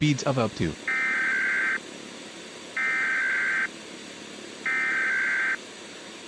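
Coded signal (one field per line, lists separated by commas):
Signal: Emergency Alert System (SAME) tones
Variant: header bursts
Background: speech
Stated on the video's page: Fictional EAS scenario about worldwide global heating, simulated.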